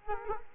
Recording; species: mosquito wingbeat signal from an infrared sensor; Culex quinquefasciatus